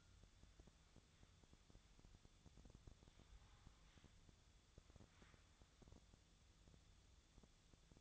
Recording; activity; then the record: daily activity, microphone in the room; wipe stove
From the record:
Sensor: 3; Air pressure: 1004.8 hPa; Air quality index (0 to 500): 75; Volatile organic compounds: 2 ppm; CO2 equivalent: 1126 ppm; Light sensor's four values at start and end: 8/19/8/7 and 8/19/7/7